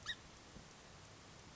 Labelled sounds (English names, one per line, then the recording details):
Song Sparrow
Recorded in Sonoma County, California